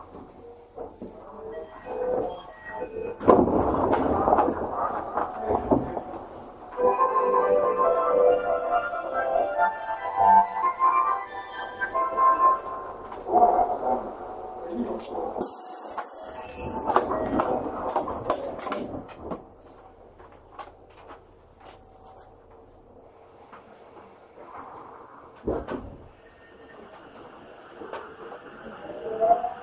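A subway train recorded from inside the car, with a motor whine whose pitch climbs and wavers through the first twenty seconds over a rumbling, clattering run. After about twenty seconds it quiets to a low hum, broken by a sharp thud near 25 seconds.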